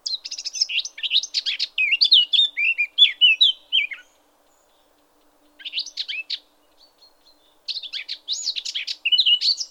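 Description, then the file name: Eurasian blackcap singing a fast, scratchy warble of varied chirps and twitters for about four seconds, then two shorter bursts after a pause. "Sylvia atricapilla"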